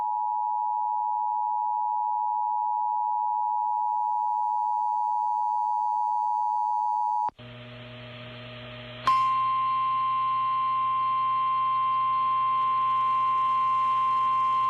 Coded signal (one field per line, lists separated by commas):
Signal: Emergency Alert System (SAME) tones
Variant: 853 and 960 Hz attention tone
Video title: It Still Won't End | EAS Alerts from 8/29/2022 (EAS #1486-1499)